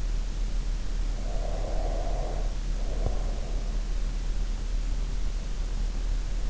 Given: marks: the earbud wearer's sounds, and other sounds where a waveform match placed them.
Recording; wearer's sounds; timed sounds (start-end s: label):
sounds in sleep by an in-ear microphone; breath
1.28-3.95 s: breath